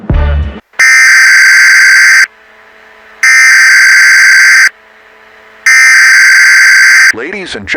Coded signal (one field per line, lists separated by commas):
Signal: Emergency Alert System (SAME) tones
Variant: header bursts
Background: speech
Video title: ☢️Emergency Alert System(Nuclear Bomb Attack in America‼️WATCH BEFORE THEY DELETE THIS! PREPARE‼️☢️